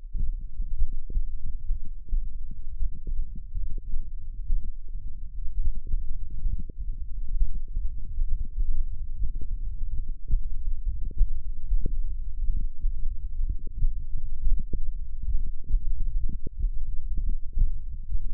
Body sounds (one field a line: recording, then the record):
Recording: forearm muscle sounds (acoustic myography)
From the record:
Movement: tripod grip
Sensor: system 1, eight BSWA MPA416 microphones around the upper forearm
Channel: 8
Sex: male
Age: 21 years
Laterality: right